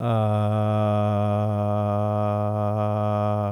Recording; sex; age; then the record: sustained vowel /a/; male; 40 to 49 years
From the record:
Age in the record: 46 years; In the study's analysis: included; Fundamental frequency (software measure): 104 Hz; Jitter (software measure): 0.25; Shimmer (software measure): 0.93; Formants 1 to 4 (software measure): 660 Hz, 1237 Hz, 2448 Hz, 3280 Hz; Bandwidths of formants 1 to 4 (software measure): 82 Hz, 91 Hz, 266 Hz, 216 Hz